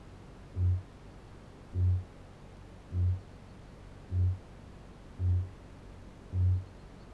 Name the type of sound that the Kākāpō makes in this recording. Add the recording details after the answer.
boom. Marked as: faintness 2/5. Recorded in New Zealand. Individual Barnard